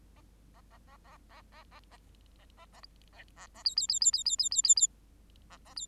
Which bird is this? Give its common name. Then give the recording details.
Bengalese Finch. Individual Bird8